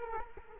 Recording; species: mosquito wingbeat signal from an infrared sensor; Culex quinquefasciatus